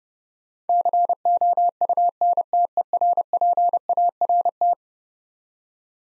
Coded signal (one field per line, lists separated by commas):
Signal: Morse code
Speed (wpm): 30 wpm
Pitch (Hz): 700 Hz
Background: none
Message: COUNTERPART